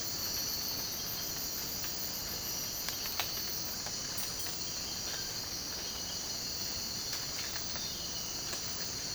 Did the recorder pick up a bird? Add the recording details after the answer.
no. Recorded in dense forest near Puerto Asís, Putumayo, Colombia, on 19 March 2025 at 04:00. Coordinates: 0.481, -76.323. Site G088